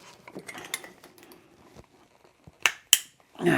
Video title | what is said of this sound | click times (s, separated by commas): A Better Battery Box, Part 3 - The New Box is Done! - How to build a 48v Lifepo4 battery (Ep. 27) | there's the first one that is a very satisfying click there | 2.7 s, 2.9 s